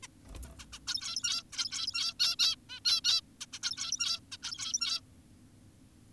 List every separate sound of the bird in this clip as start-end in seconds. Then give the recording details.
0.03-0.07, 0.59-0.66, 0.73-0.79, 0.88-1.43, 1.53-2.14, 2.20-2.36, 2.39-2.56, 2.70-2.80, 2.85-3.01, 3.04-3.21, 3.41-3.46, 3.53-3.59, 3.63-4.20, 4.32-4.37, 4.43-5.01. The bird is an adult. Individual g17y2U